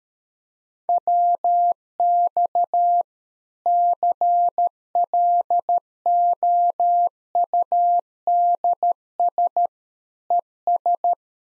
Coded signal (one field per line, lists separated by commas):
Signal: Morse code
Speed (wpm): 13 wpm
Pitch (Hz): 700 Hz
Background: none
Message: WX CLOUDS ES